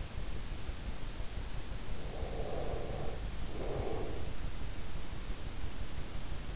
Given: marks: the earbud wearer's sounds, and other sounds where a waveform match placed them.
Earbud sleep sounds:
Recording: sounds in sleep by an in-ear microphone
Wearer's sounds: breath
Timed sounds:
1.89-4.35 s: breath

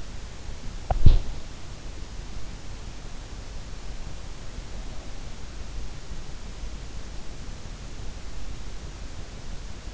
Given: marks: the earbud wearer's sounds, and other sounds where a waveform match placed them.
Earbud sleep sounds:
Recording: sounds in sleep by an in-ear microphone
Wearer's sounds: body movement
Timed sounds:
0.00-1.59 s: body movement

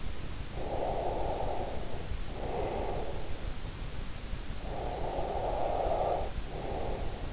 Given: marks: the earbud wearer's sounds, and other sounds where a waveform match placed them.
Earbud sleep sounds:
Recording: sounds in sleep by an in-ear microphone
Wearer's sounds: breath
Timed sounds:
0.34-3.47 s: breath
4.50-7.33 s: breath

